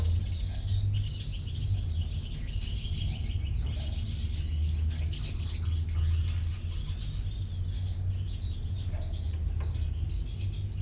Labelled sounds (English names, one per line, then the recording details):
Common Chaffinch
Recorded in captivity
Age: adult
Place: Minden (Westfalen), Nordrhein-Westfalen, DE
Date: 1970
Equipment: Uher 4000 Report-S, Bändchenmikro Beyer M 260, Parabolspiegel Polyester (470 mm)
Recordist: Conrads, Klaus